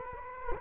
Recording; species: mosquito wingbeat signal from an infrared sensor; Culex quinquefasciatus